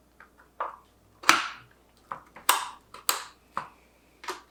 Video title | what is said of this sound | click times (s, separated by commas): AMD is MAD! Ryzen 3900X, 5700XT, 2TB SSD, 64GB Ram PC building attempt! Part 1 of 2 | always nice to hear that clicking noise. | 2.5 s, 3.1 s